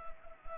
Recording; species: mosquito wingbeat signal from an infrared sensor; Anopheles gambiae